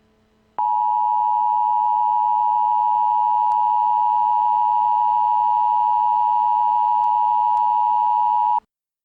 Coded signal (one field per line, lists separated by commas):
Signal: Emergency Alert System (SAME) tones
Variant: 853 and 960 Hz attention tone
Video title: EAS Scenario - AndrewSilverman's Old Channel Invasion By Zakkujennasei (REMASTERED) [Fixed Version]